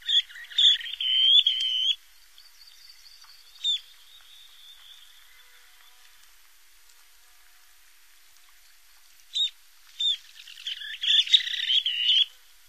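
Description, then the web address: Least sandpiper high, rippling trills in bursts, with short single notes between, and a final flurry of rapid calls near the end. "Songs of Birds of North America Stokes. Least Sandpiper"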